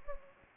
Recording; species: mosquito wingbeat signal from an infrared sensor; Anopheles gambiae